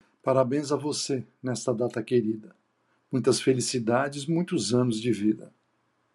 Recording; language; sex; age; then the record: short text; Brazilian Portuguese; male; 60 to 69 years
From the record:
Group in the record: control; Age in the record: 63 years